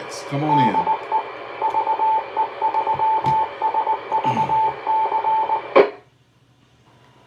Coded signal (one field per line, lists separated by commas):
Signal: Morse code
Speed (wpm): 19 wpm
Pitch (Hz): 880 Hz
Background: speech, radio noise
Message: DE VE3SVC